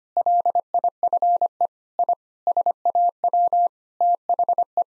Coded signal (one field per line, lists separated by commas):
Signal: Morse code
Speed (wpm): 25 wpm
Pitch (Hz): 700 Hz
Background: none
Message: LIFE I SAW THE